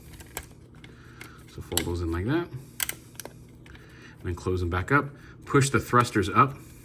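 Someone talks while handling the Fans Hobby MB-22 Sky Flame toy, folding parts in and pushing the plastic thrusters back up toward the toy leg, with several light clicks and taps of plastic handling. Nothing has seated or clicked into place yet.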